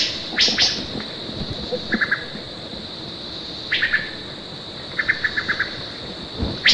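Wood thrush song: brief high trilled flourishes and short groups of repeated lower notes, over a constant high droning hum.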